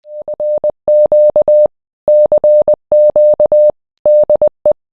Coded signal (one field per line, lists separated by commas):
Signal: Morse code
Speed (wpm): 20 wpm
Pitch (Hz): 600 Hz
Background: none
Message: NQ CQ DE